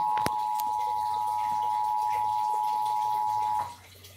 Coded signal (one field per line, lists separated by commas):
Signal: Emergency Alert System (SAME) tones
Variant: 853 and 960 Hz attention tone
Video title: Great Shakeout Drill 2022, EAS Alerts From 10/19/2022 and 10/20/2022 (EAS #1421 - 1429)